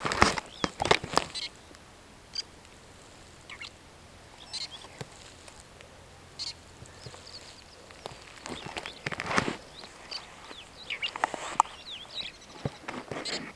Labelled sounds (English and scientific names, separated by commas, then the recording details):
Superb Starling (Lamprotornis superbus) flight call
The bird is a male
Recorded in Kenya on 18 June 2010
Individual 32, of group DRT2